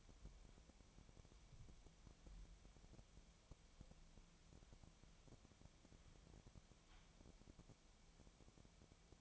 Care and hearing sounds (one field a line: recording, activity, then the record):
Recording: daily activity, microphone in the room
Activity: wipe stove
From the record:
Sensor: 1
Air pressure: 1007.1 hPa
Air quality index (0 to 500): 205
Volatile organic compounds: 22 ppm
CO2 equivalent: 2768 ppm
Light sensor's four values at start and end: 13/33/13/15 and 13/32/13/14